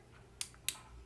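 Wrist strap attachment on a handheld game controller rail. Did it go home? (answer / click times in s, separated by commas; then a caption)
yes / 0.4 s, 0.7 s. A plastic wrist strap is slid down the rail of a Nintendo Switch Joy-Con controller and pushed in until it locks. Two sharp plastic clicks sound at 0.4 s and 0.7 s, with fainter ticks at about 0.6 s and 1.1 s. The strap is locked in place on the rail.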